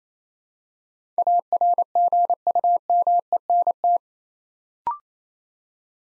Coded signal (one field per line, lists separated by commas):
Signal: Morse code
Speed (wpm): 28 wpm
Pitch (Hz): 700 Hz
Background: none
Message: ARGUMENT